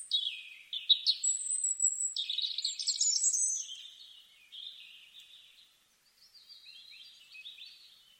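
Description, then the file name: European robin singing a rapid, varied stream of high, tinkling warbles and thin whistles, loud at first, then softer with a quiet gap before a final jingling phrase. "Erithacus rubecula"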